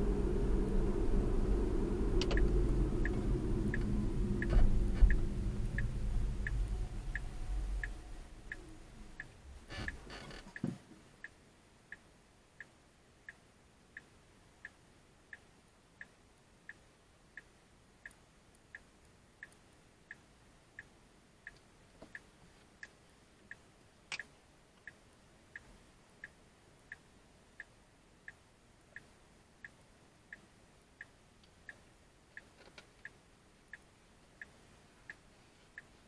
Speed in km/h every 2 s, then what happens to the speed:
39, 32, 18, 6, 0, 0, 0, 0, 0, 0, 0, 0, 0, 0, 0, 0, 0, 0.
0-7 brakes to 0. 7-36 standing.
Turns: none.